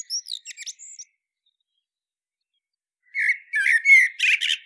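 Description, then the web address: Common blackbird phrase endings: a high twittered fragment, a silent gap of two seconds, then a mellow warble rising into squeaky twitters. "SETE data Turdus merula"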